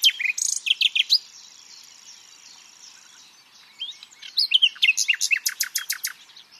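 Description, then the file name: Common nightingale singing: a quick jumble of sharp, varied notes, a quiet gap with a faint high tone, then a longer phrase of rapid, emphatic repeated notes. "Luscinia megarhynchos"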